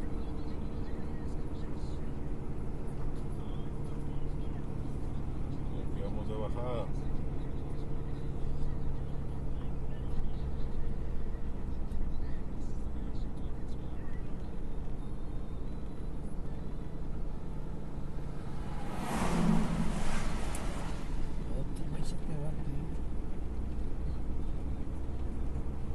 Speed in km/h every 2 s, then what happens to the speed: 39, 37, 35, 37, 35, 32, 32, 31, 31, 31, 31, 32, 34.
0-13 slows to 31. 13-26 steady at about 31.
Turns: none.